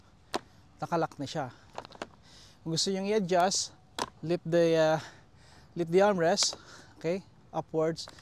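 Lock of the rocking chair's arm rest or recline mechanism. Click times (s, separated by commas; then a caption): 0.3 s. A rocking chair's arm rest is raised and its locking mechanism on the arm rest or recline is pushed until it locks. One sharp click is heard at 0.3 s as the lock seats, followed by a few quieter taps around 1.8–2.1 s while someone talks throughout.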